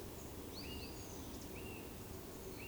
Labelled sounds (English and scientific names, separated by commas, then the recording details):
Eurasian Woodcock (Scolopax rusticola) whistle
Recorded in Baden-Württemberg, Germany, on 28 May 2020 at 19:32 UTC
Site 31917, 145 m above sea level